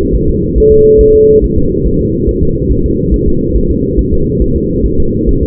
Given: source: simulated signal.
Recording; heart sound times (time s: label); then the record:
fetal heart sounds
0.16 s: S1
0.30 s: S2
0.58 s: S1
0.72 s: S2
1.01 s: S1
1.15 s: S2
1.44 s: S1
1.58 s: S2
1.87 s: S1
2.01 s: S2
2.29 s: S1
2.43 s: S2
2.72 s: S1
2.86 s: S2
3.14 s: S1
3.28 s: S2
3.56 s: S1
3.71 s: S2
3.99 s: S1
4.13 s: S2
4.42 s: S1
4.56 s: S2
4.86 s: S1
5.00 s: S2
5.29 s: S1
5.43 s: S2
From the record:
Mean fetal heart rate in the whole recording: 140 bpm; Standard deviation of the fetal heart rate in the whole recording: 2 bpm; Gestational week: 34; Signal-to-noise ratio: -16.4 dB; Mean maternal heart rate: 72 bpm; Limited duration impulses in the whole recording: present